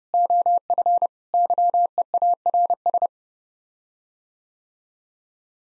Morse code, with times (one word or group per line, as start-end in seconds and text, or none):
0.1-1.1 OF
1.3-3.1 YEARS